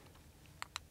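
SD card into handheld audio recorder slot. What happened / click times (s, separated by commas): Handled, not yet home: small card pushed toward its slot, though two crisp clicks could pass for latching / none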